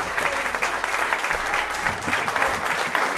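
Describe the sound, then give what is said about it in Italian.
A crowd applauds steadily, many hands clapping together in a dense, continuous wash of claps that stays at an even, fairly loud level for about three seconds. “Applausi.”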